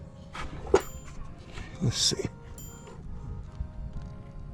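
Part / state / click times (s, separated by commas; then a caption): electrical wiring connector plugging into its mating socket on a motorcycle / not seated / none. A plastic electrical wiring plug is handled at its mating socket on a motorcycle, pushed in again after several tries, with short knocks and handling noises while someone talks. Nothing has seated or clicked yet.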